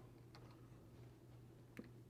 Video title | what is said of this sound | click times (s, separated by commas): 2022 Street Glide adjustable shocks tutorial | There's another click. | 0.4 s, 1.8 s